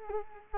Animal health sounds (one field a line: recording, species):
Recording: mosquito wingbeat signal from an infrared sensor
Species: Culex quinquefasciatus